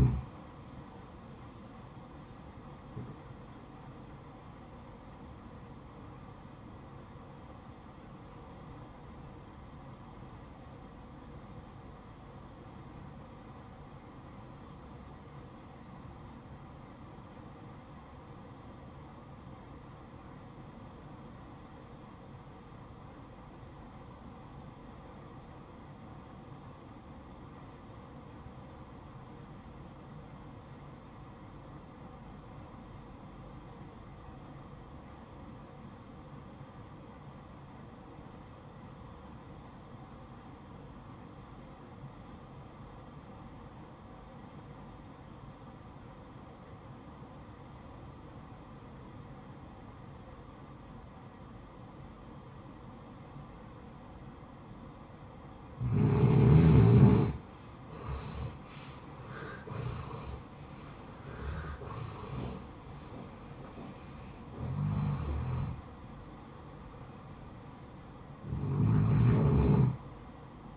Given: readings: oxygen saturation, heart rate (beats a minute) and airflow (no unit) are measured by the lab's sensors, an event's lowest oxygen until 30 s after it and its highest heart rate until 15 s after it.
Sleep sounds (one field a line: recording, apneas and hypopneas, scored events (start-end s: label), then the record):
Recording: breathing in sleep by a smartphone at the bedside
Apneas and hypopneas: 1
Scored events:
7.00-57.30 s: obstructive apnea (REM, oxygen 95% highest, then 75% lowest, heart rate 63 at the start, 81 highest)
From the record:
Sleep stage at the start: REM sleep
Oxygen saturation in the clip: 77 to 95%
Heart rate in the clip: 50 to 84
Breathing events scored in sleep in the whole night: 573 in 9.8 hours asleep